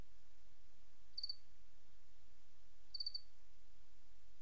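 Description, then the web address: Cricket chirping, two short high triple-pulsed chirps about two seconds apart, over a steady hiss of noise. Recorded 28 August 2007. "white-noise Crickets 28 aug 07"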